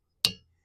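A replacement Rain-X wiper blade with a plastic adapter is slid down over the wiper arm hook on a Lincoln Nautilus until it snaps into place. A single sharp, bright snap sounds at 0.3 s and fades within about a fifth of a second, leaving a faint low hum. The blade is seated on the wiper arm.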